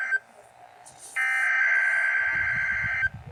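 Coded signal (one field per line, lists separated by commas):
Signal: Emergency Alert System (SAME) tones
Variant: header bursts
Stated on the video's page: Required weekly test on a NOAA weather radio station.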